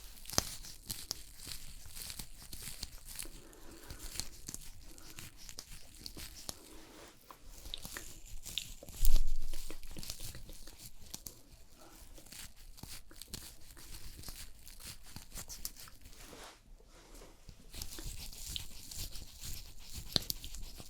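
Fast, aggressive ASMR makeup sounds layered into a dense, hissy stream of crinkling, tearing and scratchy taps that rarely pauses. A sharp, louder knock lands around nine seconds, and the texture briefly thins near seventeen seconds before the bright rustling picks back up.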